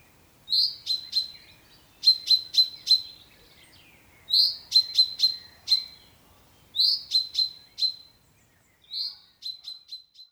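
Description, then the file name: Common chaffinch calls: a bright high note followed by a quick run of sharp clicking ticks, the phrase repeated five times in a quiet background. "Fringilla coelebs"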